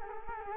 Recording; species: mosquito wingbeat signal from an infrared sensor; Culex quinquefasciatus